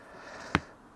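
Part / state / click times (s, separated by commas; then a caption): rubber gasket/valve fitting on a refillable gas cartridge / seated / 0.5 s. The rubber gasket and valve fitting on a refillable gas cartridge for a Thermacell mosquito repeller is pressed firmly after the gasket is put back on, because it was not in properly before. Over a faint, quiet background, a single sharp click sounds at 0.6 s (0.55 s) as the fitting snaps home. The fitting is seated and the cartridge is now refillable.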